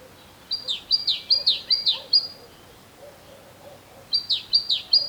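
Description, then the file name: Great tit calling in a rapid series of high, downslurred notes, then a pause, then another run of similar notes. "Parus major"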